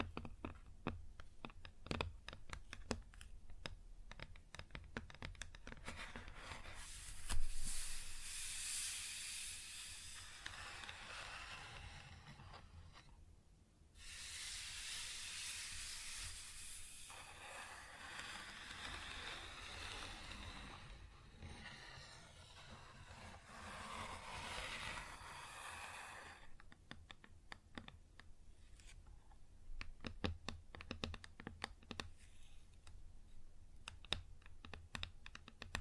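Fingers tap rapidly and irregularly on a wood surface, a dense clatter of short knocks through the first seven seconds and again from about 27 seconds on. In between, a long hissing scratch rubs across the grain, pausing briefly near 14 seconds.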